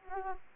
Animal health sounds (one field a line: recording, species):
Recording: mosquito wingbeat signal from an infrared sensor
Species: Anopheles arabiensis